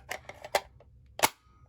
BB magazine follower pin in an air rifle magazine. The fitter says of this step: Snaps into place. It's got a nice good